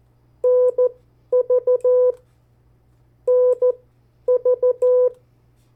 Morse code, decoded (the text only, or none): NV NV